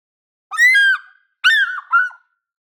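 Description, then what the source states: African fish eagle giving one bout of three ringing yelps: a drawn-out falling first note, then two shorter, clipped notes, against a silent background. Described as the normal call.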